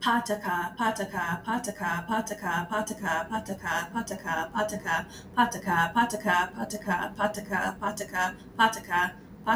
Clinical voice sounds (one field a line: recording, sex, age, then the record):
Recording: repeated syllables /pa ta ka/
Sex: female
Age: 30 to 39 years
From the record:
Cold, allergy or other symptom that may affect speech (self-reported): no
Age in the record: 31 years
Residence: United States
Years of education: 18